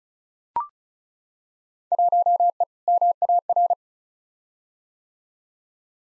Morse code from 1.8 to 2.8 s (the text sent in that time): 1E